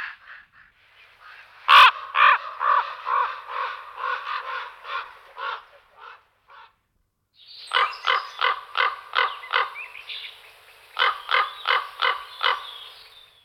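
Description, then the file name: Common raven calling in quick rasping series, one sharp click near the start, then a brief gap and further bursts of hoarse notes. "Krkavec velky Corvus corax"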